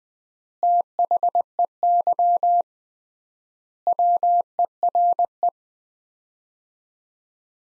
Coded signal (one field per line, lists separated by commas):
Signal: Morse code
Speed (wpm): 20 wpm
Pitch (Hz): 700 Hz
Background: none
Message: THEY WERE